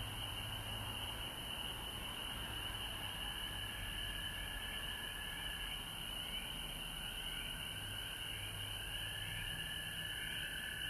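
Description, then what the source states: Frogs calling in a dense chorus, a steady high trill layered with pulsed notes, continuous throughout, over a constant high hiss and low rumble. Recorded at home in Georgia on March 19, 2020.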